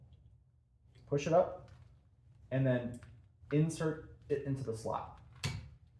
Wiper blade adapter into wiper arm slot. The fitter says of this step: and it will kind of make a little bit of a sound. Not quite a quick a click.